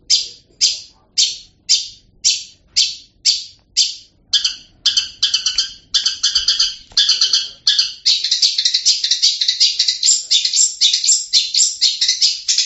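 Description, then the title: Long-tailed shrike song opening with sharp rasping notes about twice a second, quickening into a continuous rapid chattering, scratchy warble. "cendet"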